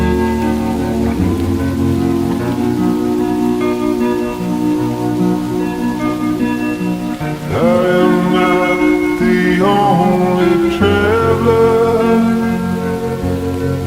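Rain on a farm makes a steady, even hiss that runs throughout. Over it sit continuous layered pitched tones, droning for the first seven seconds, then sliding and shifting pitch in bursts around eight, ten and eleven seconds, growing slightly louder.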